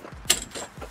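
Two release buttons are pressed on the telescoping arm of a SureShade RV pull-out shade mounted on a truck cap. The arm's first three-foot section unlocks and retracts with a sharp clunk at 0.3 s. The section lock releases.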